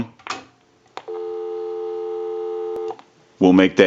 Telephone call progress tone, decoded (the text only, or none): dial tone